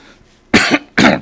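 Two short, forceful throat clears in an adult man with chronic throat clearing (sensory neuropathic cough). He does it all day long and has for 36 years, driven by a sensation of something in the throat, sometimes like a piece of paper. It is worse when breathing heavily in the cold, and the camera exam of the throat was normal.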